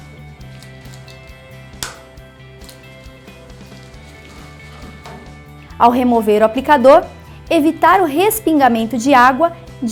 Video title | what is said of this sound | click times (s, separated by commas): Treinamento Polarys - Criolipólise | Para o completo encaixe, deve-se ouvir um clique. | 1.8 s